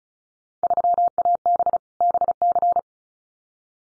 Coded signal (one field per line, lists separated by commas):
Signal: Morse code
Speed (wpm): 36 wpm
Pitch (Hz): 700 Hz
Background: none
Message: 3AB BC